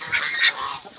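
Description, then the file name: Pekin duck quacks, two harsh nasal calls in quick succession, the second louder. "canto do pato de pequim"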